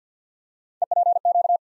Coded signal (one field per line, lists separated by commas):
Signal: Morse code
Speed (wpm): 50 wpm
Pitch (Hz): 700 Hz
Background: none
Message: EPQ